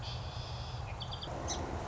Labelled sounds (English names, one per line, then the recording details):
Song Sparrow
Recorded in Sonoma County, California